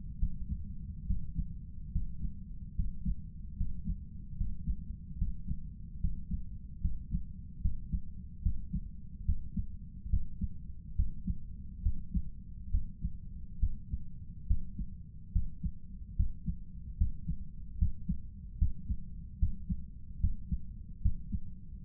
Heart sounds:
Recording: heart sounds by stethoscope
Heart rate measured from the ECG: 72 bpm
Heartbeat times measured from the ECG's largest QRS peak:
0.18 s: heartbeat
1.05 s: heartbeat
1.91 s: heartbeat
2.74 s: heartbeat
3.56 s: heartbeat
4.36 s: heartbeat
5.17 s: heartbeat
6.00 s: heartbeat
6.80 s: heartbeat
7.60 s: heartbeat
8.41 s: heartbeat
9.24 s: heartbeat
10.09 s: heartbeat
10.95 s: heartbeat
11.82 s: heartbeat
12.70 s: heartbeat
13.59 s: heartbeat
14.46 s: heartbeat
15.32 s: heartbeat
16.15 s: heartbeat
16.97 s: heartbeat
17.77 s: heartbeat
18.57 s: heartbeat
19.38 s: heartbeat
20.19 s: heartbeat
21.01 s: heartbeat
21.82 s: heartbeat
From the record:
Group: healthy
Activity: breath hold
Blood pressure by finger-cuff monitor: 156/85 mmHg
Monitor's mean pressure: 100 mmHg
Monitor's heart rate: 71 bpm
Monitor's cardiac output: 6.7 L/min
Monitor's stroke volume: 95 mL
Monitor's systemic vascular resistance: 1050 dyn s/cm5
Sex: male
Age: 57 years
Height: 188 cm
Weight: 106 kg

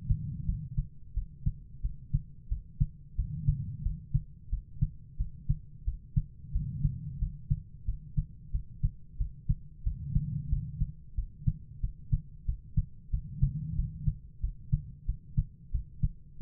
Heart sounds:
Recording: heart sounds by stethoscope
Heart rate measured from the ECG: 90 bpm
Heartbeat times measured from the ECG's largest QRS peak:
0.45 s: heartbeat
1.13 s: heartbeat
1.80 s: heartbeat
2.47 s: heartbeat
3.15 s: heartbeat
3.81 s: heartbeat
4.49 s: heartbeat
5.16 s: heartbeat
5.83 s: heartbeat
6.51 s: heartbeat
7.18 s: heartbeat
7.84 s: heartbeat
8.50 s: heartbeat
9.16 s: heartbeat
9.82 s: heartbeat
10.48 s: heartbeat
11.14 s: heartbeat
11.79 s: heartbeat
12.44 s: heartbeat
13.09 s: heartbeat
13.74 s: heartbeat
14.39 s: heartbeat
15.04 s: heartbeat
15.70 s: heartbeat
16.37 s: heartbeat
From the record:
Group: healthy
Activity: rest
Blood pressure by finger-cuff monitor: 108/66 mmHg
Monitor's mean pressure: 81 mmHg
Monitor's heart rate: 90 bpm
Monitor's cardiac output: 6.4 L/min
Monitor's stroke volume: 71 mL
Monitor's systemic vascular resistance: 920 dyn s/cm5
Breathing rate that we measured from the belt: 18 breaths a minute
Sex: female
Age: 43 years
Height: 160 cm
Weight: 90 kg

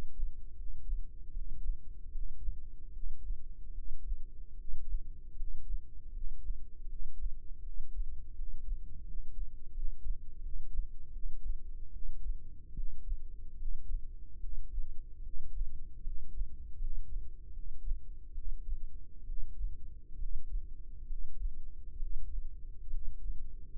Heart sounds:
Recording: heart sounds by microphone in the left ear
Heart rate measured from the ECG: 75 bpm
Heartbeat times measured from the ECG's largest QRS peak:
0.57 s: heartbeat
1.34 s: heartbeat
2.12 s: heartbeat
2.93 s: heartbeat
3.75 s: heartbeat
4.57 s: heartbeat
5.37 s: heartbeat
6.14 s: heartbeat
6.89 s: heartbeat
7.64 s: heartbeat
8.36 s: heartbeat
9.07 s: heartbeat
9.75 s: heartbeat
10.43 s: heartbeat
11.13 s: heartbeat
11.93 s: heartbeat
12.76 s: heartbeat
13.58 s: heartbeat
14.41 s: heartbeat
15.24 s: heartbeat
16.04 s: heartbeat
16.79 s: heartbeat
17.54 s: heartbeat
18.35 s: heartbeat
19.27 s: heartbeat
20.18 s: heartbeat
21.08 s: heartbeat
22.00 s: heartbeat
22.91 s: heartbeat
From the record:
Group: healthy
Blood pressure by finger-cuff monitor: 135/80 mmHg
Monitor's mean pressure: 93 mmHg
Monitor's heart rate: 75 bpm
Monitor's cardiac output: 7 L/min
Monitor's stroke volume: 91 mL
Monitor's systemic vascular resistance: 990 dyn s/cm5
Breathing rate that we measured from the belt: 16 breaths a minute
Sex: male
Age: 19 years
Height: 178 cm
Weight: 83 kg

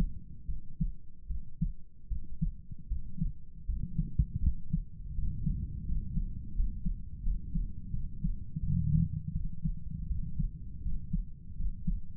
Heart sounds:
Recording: heart sounds by stethoscope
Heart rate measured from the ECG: 81 bpm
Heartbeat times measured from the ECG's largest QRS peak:
0.46 s: heartbeat
1.28 s: heartbeat
2.09 s: heartbeat
2.88 s: heartbeat
3.66 s: heartbeat
4.41 s: heartbeat
5.15 s: heartbeat
5.86 s: heartbeat
6.54 s: heartbeat
7.23 s: heartbeat
7.91 s: heartbeat
8.61 s: heartbeat
9.33 s: heartbeat
10.08 s: heartbeat
10.82 s: heartbeat
11.56 s: heartbeat
From the record:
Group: healthy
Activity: rest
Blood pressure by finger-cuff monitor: 92/50 mmHg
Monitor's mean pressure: 63 mmHg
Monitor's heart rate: 79 bpm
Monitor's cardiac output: 8.4 L/min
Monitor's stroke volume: 107 mL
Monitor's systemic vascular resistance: 530 dyn s/cm5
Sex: male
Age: 35 years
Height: 180 cm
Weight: 86.9 kg

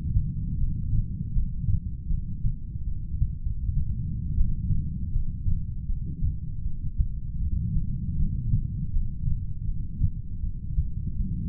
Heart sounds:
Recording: heart sounds by stethoscope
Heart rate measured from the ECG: 79 bpm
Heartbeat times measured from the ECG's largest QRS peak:
0.60 s: heartbeat
1.34 s: heartbeat
2.10 s: heartbeat
2.86 s: heartbeat
3.43 s: heartbeat
4.37 s: heartbeat
5.13 s: heartbeat
5.88 s: heartbeat
6.64 s: heartbeat
7.40 s: heartbeat
8.18 s: heartbeat
8.92 s: heartbeat
9.66 s: heartbeat
10.42 s: heartbeat
11.19 s: heartbeat
From the record:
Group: heart failure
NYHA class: 1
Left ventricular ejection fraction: 39%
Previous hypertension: present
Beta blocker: carvedilol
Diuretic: furosemide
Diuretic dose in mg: 20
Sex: male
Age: 60 years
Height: 178 cm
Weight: 62 kg

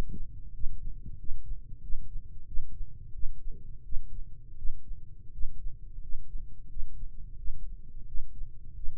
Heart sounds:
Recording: heart sounds by microphone in the right ear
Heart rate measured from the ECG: 88 bpm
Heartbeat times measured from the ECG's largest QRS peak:
0.51 s: heartbeat
1.16 s: heartbeat
1.80 s: heartbeat
2.44 s: heartbeat
3.11 s: heartbeat
3.82 s: heartbeat
4.55 s: heartbeat
5.30 s: heartbeat
5.99 s: heartbeat
6.67 s: heartbeat
7.35 s: heartbeat
8.05 s: heartbeat
8.73 s: heartbeat
From the record:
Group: healthy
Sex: male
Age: 21 years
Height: 180 cm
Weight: 67.5 kg

